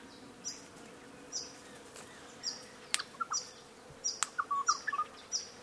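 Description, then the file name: Bird calls: short high ticks recurring about once a second, then a quick burst of sharp rising and falling chirps near the end over a low steady hum. "BIRD-rhe cv 120697 12 43 pm"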